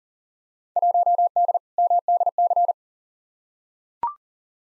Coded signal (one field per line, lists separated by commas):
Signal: Morse code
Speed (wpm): 40 wpm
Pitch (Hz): 700 Hz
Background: none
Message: 1D MDC